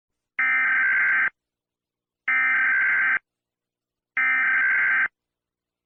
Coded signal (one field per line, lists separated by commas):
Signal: Emergency Alert System (SAME) tones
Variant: header bursts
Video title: The Absolute Apocalypse / Murder Drones EAS scenario en español